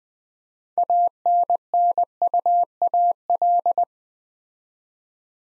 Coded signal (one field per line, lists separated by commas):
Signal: Morse code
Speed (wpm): 20 wpm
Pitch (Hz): 700 Hz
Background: none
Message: ANNUAL